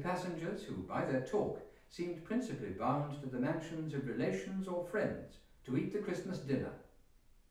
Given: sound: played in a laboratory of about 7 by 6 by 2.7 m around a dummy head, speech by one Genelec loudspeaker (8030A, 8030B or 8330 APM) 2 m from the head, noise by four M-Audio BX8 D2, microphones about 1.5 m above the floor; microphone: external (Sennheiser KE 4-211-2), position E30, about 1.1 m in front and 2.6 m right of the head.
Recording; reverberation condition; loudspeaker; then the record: male speech in English; medium; 90 degrees to the left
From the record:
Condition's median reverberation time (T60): about 510 ms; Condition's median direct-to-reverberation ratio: about -0.5 dB